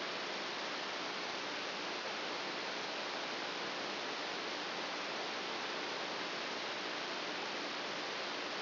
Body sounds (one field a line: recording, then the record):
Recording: brain microelectrode recording played as sound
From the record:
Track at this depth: inside the subthalamic nucleus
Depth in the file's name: 4.003 mm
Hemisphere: right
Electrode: 2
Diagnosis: Parkinson's disease